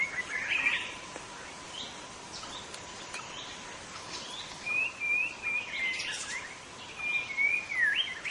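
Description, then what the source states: White-rumped shama song: a few short whistled phrases, sliding up and down, separated by pauses, with steady background hiss. In forest.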